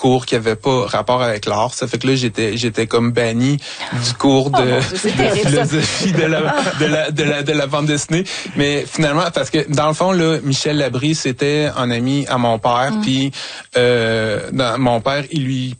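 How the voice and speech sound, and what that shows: A 47-year-old man speaks Quebec French at a steady conversational pace, broken by repeated words and syllables ("j'étais j'étais", "de la, de la, de la"), stretched sounds and silent blocks before words. These are signs of his lifelong developmental stuttering, which is hereditary and neurodevelopmental, caused by interruptions in the neural connections responsible for speech.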